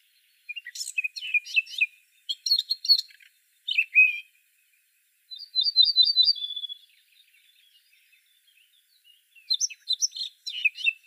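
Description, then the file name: Eurasian blackcap with bursts of hurried, scratchy warbling and a brief buzzy trill, the phrases coming in short runs separated by gaps. "Sylvia atricapilla"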